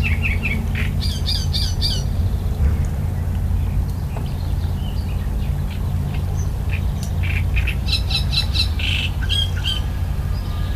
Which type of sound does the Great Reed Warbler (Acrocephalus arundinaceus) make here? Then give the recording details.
song. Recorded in the wild. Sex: male. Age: adult. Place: Schloßpark Babelsberg, Brandenburg, DE. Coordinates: 52.4053, 13.0928. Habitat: park. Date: 1996-06-07 13:39. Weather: sunny, 30-32°. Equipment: Sony MD-WM MZ-R3, Sennheiser MKH 416 T, Kopie Uher 4000 Report Monitor. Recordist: Tembrock, Günter